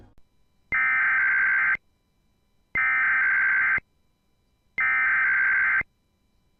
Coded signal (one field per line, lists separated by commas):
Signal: Emergency Alert System (SAME) tones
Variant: header bursts